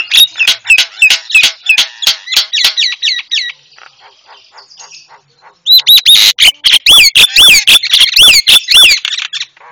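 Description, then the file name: Javan myna song: rapid series of hooked whistled notes mixed with harsh chattering bursts, a short quiet pause, then loud dense chatter with repeated upslurred whistles. Training call for cage birds, white-eyed form. "masteran jalak kebo mata putih"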